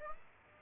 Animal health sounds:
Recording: mosquito wingbeat signal from an infrared sensor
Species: Aedes aegypti

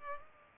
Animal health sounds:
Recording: mosquito wingbeat signal from an infrared sensor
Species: Culex pipiens

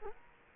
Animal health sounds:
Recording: mosquito wingbeat signal from an infrared sensor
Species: Culex quinquefasciatus

